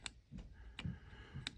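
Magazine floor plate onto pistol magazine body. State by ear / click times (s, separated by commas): not seated / none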